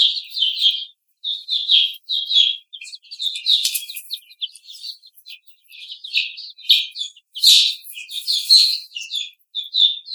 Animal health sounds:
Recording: young laying hens in a cage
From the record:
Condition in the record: treatment cage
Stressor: simulated dog barking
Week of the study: 5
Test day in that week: 1

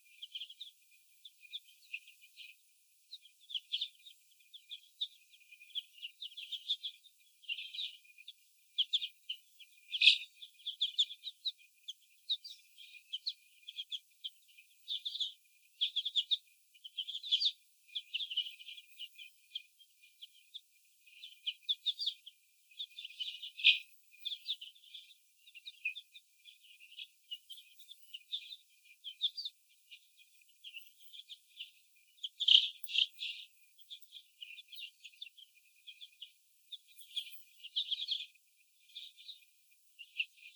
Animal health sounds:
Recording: young laying hens in a cage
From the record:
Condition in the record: after the stressor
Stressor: sudden umbrella opening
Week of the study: 2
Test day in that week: 1

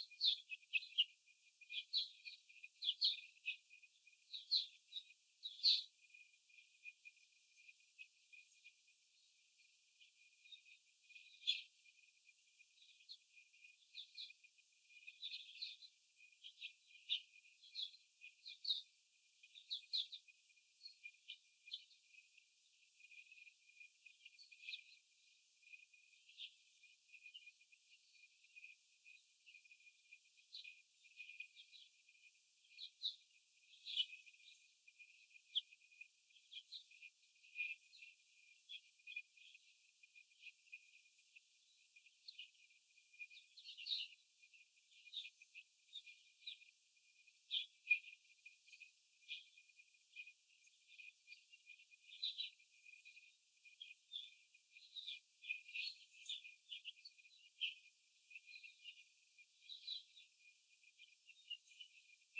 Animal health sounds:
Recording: young laying hens in a cage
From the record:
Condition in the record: after the stressor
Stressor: simulated dog barking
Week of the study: 4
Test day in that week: 3

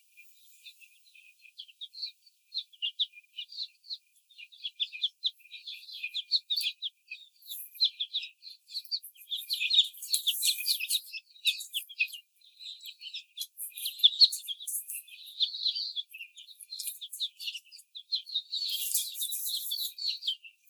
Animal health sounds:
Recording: young laying hens in a cage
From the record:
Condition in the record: after the stressor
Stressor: simulated dog barking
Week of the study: 4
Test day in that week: 2

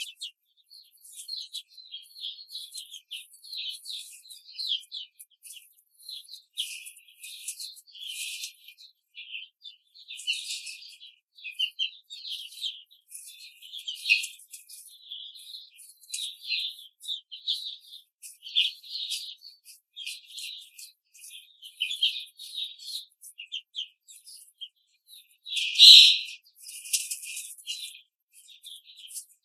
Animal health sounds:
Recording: young laying hens in a cage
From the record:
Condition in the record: control cage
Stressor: none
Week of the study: 5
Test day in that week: 1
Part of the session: 3

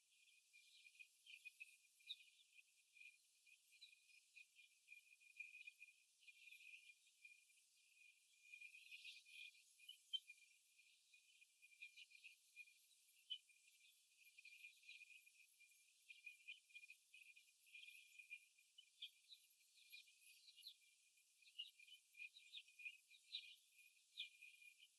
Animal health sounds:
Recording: young laying hens in a cage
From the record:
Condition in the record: after the stressor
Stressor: simulated dog barking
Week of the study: 1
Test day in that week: 2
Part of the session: 2

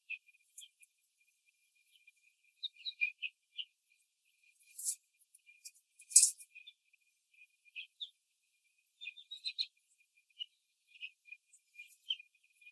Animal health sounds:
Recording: young laying hens in a cage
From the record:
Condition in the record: control cage, after the stress test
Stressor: none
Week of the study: 4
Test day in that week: 3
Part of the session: 2

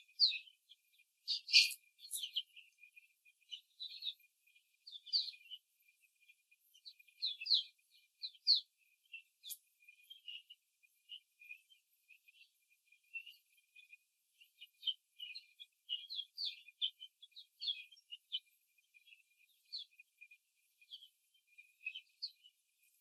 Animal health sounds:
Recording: young laying hens in a cage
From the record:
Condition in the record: before the stressor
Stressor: simulated dog barking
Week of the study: 3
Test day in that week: 2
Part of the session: 4

